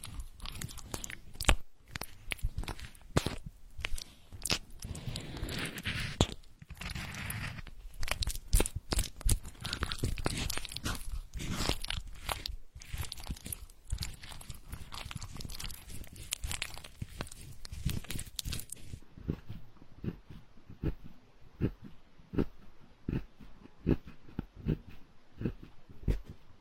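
Dense, irregular tapping, smearing and tearing sounds, like hands working wet skin in a massage, with crunchy, chewing-like textures throughout. Around nineteen seconds the sound loses its bright hiss and becomes duller, with sparser soft taps continuing to the end.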